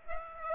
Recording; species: mosquito wingbeat signal from an infrared sensor; Aedes aegypti